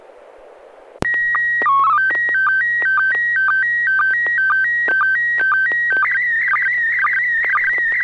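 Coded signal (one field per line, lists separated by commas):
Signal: SSTV (slow-scan television)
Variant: PD 120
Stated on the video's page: Weekly SSTV net on an FM repeater, 441.300 MHz, Wednesday evenings; pictures sent with MMSSTV software.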